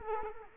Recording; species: mosquito wingbeat signal from an infrared sensor; Culex quinquefasciatus